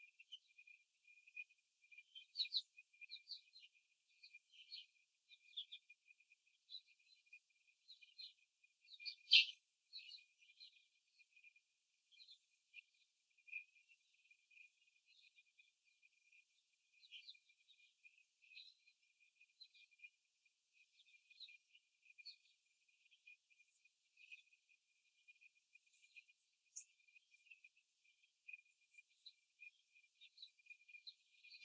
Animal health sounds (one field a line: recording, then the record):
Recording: young laying hens in a cage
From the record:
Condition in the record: before the stressor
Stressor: simulated dog barking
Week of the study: 3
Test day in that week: 2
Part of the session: 2